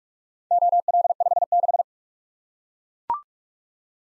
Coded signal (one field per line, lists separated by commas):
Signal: Morse code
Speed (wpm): 43 wpm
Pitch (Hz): 700 Hz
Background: none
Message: OL56